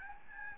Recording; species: mosquito wingbeat signal from an infrared sensor; Aedes albopictus